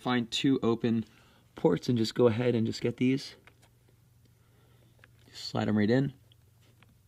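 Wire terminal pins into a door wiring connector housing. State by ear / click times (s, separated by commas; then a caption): seated / 6.3 s, 6.8 s. Two metal crimp pins for the soft-close door wiring on an F30 BMW are slid into open ports of a plastic connector housing while someone talks. Faint sharp clicks are heard at 6.3 s and 6.8 s as the pins seat in the housing.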